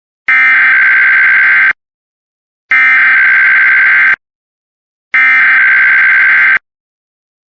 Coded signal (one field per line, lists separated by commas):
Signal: Emergency Alert System (SAME) tones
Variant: header bursts